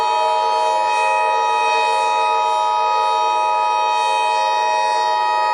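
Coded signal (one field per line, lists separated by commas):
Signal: Emergency Alert System (SAME) tones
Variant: 853 and 960 Hz attention tone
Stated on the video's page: Fictional EAS scenario using valid EAS tones.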